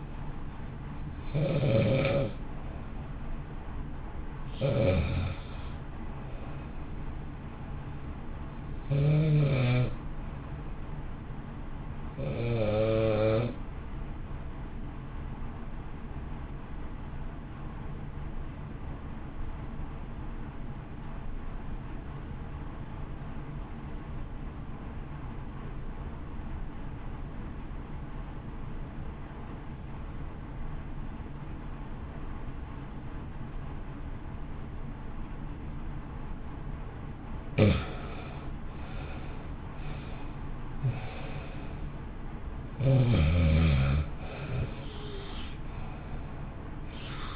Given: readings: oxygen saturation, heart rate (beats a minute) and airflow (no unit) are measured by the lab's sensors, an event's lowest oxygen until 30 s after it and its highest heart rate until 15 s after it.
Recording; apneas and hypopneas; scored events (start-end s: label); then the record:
breathing in sleep by a smartphone at the bedside; 1
19.00-37.90 s: obstructive apnea (REM, oxygen 96% highest, then 80% lowest, heart rate 52 at the start, 71 highest)
From the record:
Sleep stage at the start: REM sleep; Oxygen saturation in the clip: 78 to 96%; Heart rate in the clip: 51 to 71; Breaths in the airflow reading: 11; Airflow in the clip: -0.9 to 1.3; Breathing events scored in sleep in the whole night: 328 in 6.3 hours asleep